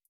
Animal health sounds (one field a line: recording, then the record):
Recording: hydrophone in a shrimp aquaculture tank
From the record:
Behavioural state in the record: feeding